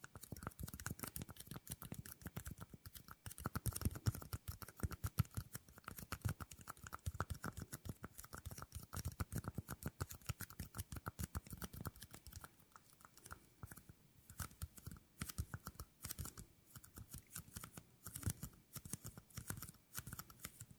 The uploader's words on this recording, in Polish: ASMR Tapping Dźwięki uderzania paznokciami.